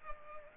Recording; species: mosquito wingbeat signal from an infrared sensor; Culex pipiens